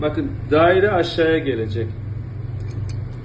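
During reassembly of a Zig 14 pistol, a part is turned so its round section comes down toward its recess in the frame while someone talks over a steady low hum. Faint light ticks sound near the end, but the clip stops before the part is pressed home, and nothing has seated or clicked yet.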